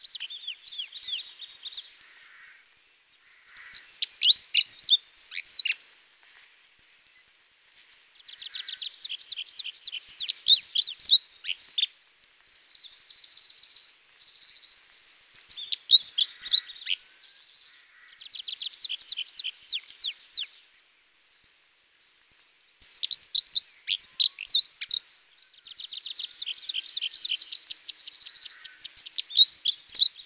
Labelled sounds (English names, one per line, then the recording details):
Black-throated Accentor song
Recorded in the wild
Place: Almaty Pik 3400 m, KZ
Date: 2000-05-26
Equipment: MiniDisc Sharp MT 20 H
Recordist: Schwarz, Dieter